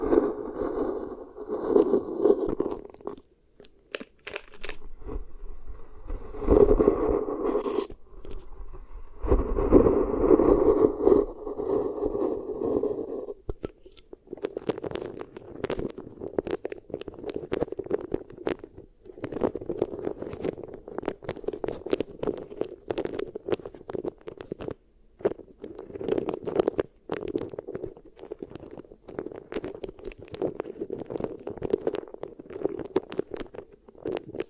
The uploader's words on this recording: ASMR Really Nice Beeswax Ear Triggers for SLEEP (No Talking).